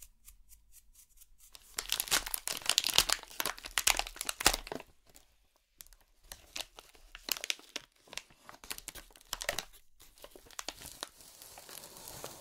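Scraping and crinkling sounds from an excavation kit, like digging at an archaeological site. Dense, bright scratching bursts come in clusters, strongest from about two to five seconds, then sparser brushing and scraping strokes with short pauses. A faint low hum runs underneath.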